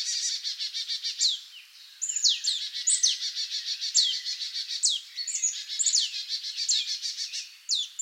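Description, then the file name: Marsh tit calling almost continuously, sharp high descending notes mixed with fast, harsh, buzzy nasal chatter runs with only brief gaps. "Poecile palustris"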